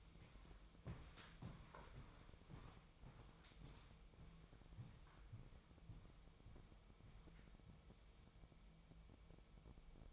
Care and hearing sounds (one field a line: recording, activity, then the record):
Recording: daily activity, microphone in the room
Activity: walk to room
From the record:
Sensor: 1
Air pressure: 999.4 hPa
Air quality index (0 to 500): 197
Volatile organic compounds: 39 ppm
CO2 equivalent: 3123 ppm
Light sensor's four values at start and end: 9/23/9/10 and 9/23/9/10